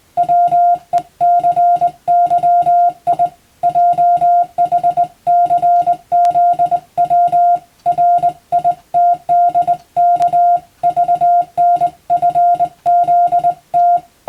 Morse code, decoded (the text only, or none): WECYI JHCZW RITDK VNFZT